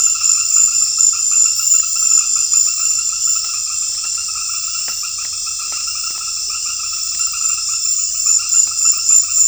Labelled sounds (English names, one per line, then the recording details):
none
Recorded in secondary vegetation near Puerto Asís, Putumayo, Colombia, on 28 February 2025 at 20:00
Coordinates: 0.484, -76.319
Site G010